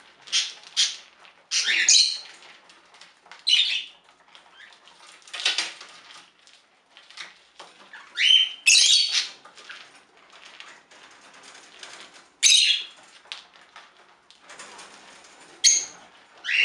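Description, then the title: Budgerigar calls, scattered short scratchy chirps and squawks in bursts every second or two, separated by quiet gaps with soft clicking. "Budgie Sounds"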